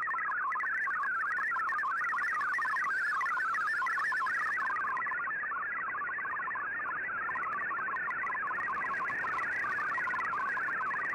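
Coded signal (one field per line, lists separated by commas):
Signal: multi-tone FSK (Olivia or MFSK type)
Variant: MFSK32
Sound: rapid burbling stream of hopping musical tones over shortwave hiss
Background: radio static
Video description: Here is my decode of the Shortwave Radiogram broadcast today on 15770Khz shortwave radio at 1330UTC in MFSK32 and 64 with 11 SSTV images.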